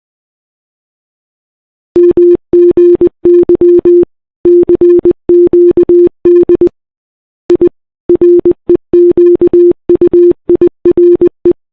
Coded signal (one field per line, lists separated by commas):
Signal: Morse code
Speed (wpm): 20 wpm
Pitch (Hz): 350 Hz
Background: none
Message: MGY CQD I REQUIRE